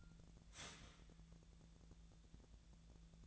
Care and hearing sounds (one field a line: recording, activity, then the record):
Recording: daily activity, microphone in the room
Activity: start toaster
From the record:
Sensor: 3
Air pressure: 1000.2 hPa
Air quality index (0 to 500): 157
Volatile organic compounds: 3 ppm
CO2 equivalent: 1381 ppm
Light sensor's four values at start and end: 35/89/37/40 and 35/88/37/40